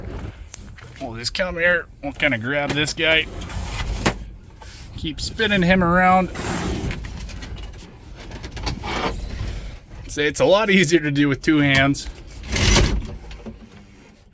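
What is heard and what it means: Someone talks while the operator station of a swather tractor, its seat and controls, is spun around by hand to face the other way before it is pressed down to lock. Only movement and sliding noises are heard, with a few short knocks. Nothing has locked or clicked into place yet.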